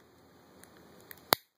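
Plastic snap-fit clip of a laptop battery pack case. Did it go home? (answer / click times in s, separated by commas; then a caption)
released / 1.3 s. The plastic shell of an old laptop battery pack is pried up, and a moulded snap-fit clip of the case lets go. Faint ticks come at about 0.6 s and 1.1 s, then a sharp, loud click at 1.3 s as the clip releases and the case snaps open.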